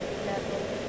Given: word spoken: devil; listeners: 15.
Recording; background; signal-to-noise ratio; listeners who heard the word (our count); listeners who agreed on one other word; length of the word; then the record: one English word in noise, from a listening test; speech-shaped noise; -5.1 dB; 1 of 15; 7 of 15; 0.49 s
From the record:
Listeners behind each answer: 7, 6, 1, 1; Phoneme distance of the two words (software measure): 10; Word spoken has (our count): 2 syllables, 4 phonemes, stress on syllable 1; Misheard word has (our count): 2 syllables, 4 phonemes, stress on syllable 1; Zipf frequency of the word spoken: 4.24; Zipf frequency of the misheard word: 5.13